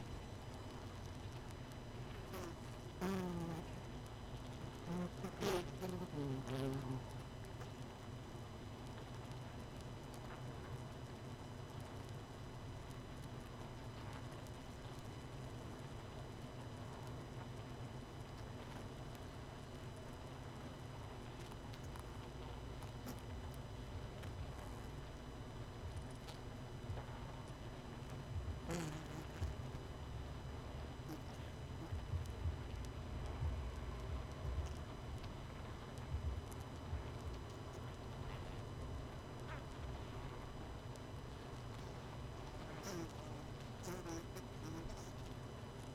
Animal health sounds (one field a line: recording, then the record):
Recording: honeybee colony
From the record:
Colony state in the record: missing queen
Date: 31 May 2018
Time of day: 21:30